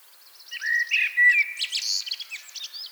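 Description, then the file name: Common blackbird song: a low, fluty whistled phrase that slides upward, then a quick burst of high, squeaky twittering notes. "Turdus merula"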